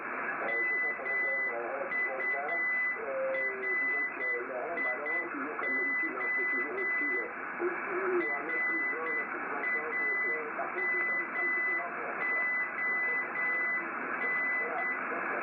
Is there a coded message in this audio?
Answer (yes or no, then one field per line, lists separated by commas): yes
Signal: Morse code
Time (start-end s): 0.5-15.0 s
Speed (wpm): 8 wpm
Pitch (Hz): 2000 Hz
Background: speech, radio noise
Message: MURIO RAMON